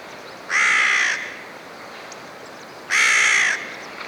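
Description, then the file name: Carrion crow giving two harsh, grating caws, each about half a second long and spaced nearly two seconds apart, with faint background hiss between them. "Corvus corone"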